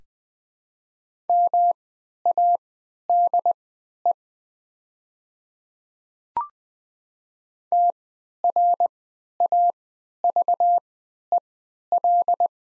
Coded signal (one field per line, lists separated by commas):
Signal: Morse code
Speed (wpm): 20 wpm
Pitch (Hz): 700 Hz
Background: none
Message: MADE TRAVEL